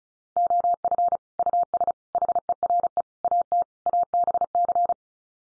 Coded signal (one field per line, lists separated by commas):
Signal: Morse code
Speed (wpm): 34 wpm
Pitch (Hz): 700 Hz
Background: none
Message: OF US HERE AT ABC